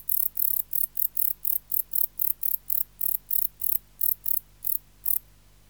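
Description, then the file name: Wart-biter bush cricket song of crisp high ticks about three a second, spacing widening slightly near the end before stopping, leaving a quiet low background hum. "Decticus verrucivorus"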